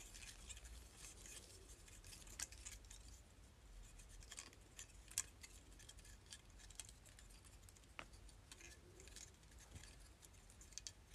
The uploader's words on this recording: ASMR Hair Clip.